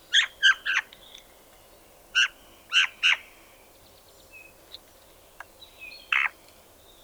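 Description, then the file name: Spotted nutcracker song: quick harsh, nasal chattering notes in small clusters, with a brief whistled tone and a final grating note. "Tannenhäher Gesang"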